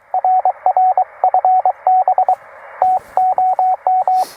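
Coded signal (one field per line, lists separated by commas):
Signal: Morse code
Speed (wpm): 23 wpm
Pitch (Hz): 690 Hz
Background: radio noise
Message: RR FB TOM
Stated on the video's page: POTA activation CW from a Penntek TR-45L with two 31-foot wires, sent with a Begali Traveler paddle.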